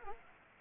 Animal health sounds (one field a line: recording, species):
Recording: mosquito wingbeat signal from an infrared sensor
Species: Anopheles gambiae